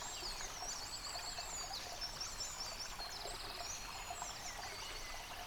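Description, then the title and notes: Several birds singing high, thin trills and twittering notes continuously, backed by the hiss of a stream. Bird chorus recorded beside a stream at Dlouhý Důl, Krásná Lípa, Czechia, on a ZOOM H6 recorder. "Dlouhý Důl 14, 407 47 Krásná Lípa, Czechia - Ptáci a potok. Ptačí sněm snímaný u potoka.. nahráno na ZOOM H6"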